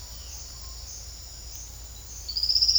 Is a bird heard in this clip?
no